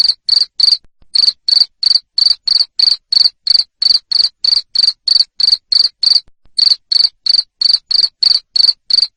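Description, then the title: Cricket chirping, loud pulsed chirps repeated about three times a second in a steady run, with two brief pauses. Loud cricket chirping used to stimulate lovebirds into continuous singing (ngekek). "Suara JANGKRIK NGERIK Keras Bikin LOVEBIRD Jadi NGEKEK Terus"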